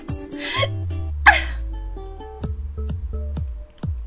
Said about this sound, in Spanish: ¡Ay! ¡Ya me dio hipo!